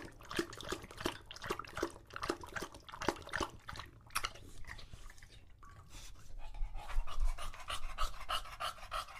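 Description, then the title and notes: English Bulldog lapping steadily at a water bowl in rapid wet strokes. Male English Bulldog named Lucho drinking water from a bowl after a long walk, breathing heavily between drinks, out of breath from the walk and from drinking so long. "English Bulldog Drinks from Water Bowl - Weird Sounds. listen to Lucho the English Bulldog as he tries to drink water after a long walk. Don't let his heavy breathing fool you in between drinks, he's equally out of breath from the walk"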